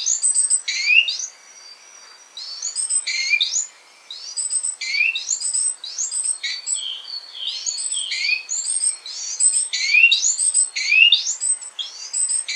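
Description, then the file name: Great tit calls: rapid, overlapping high chirps that sweep upward, given in dense bursts with short pauses, several notes layered at once. "Parus major"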